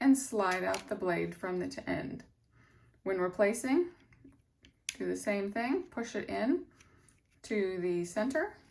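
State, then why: Not seated. A replacement razor blade is handled and pushed toward the center of a plastic razor scraper's blade holder while someone talks. Between the speech there are a few faint, brief ticks of handling, but nothing has seated or clicked yet.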